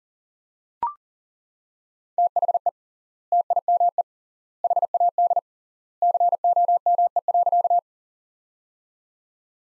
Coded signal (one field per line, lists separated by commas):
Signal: Morse code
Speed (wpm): 40 wpm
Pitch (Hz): 700 Hz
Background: none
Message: THE TIME HAD COME.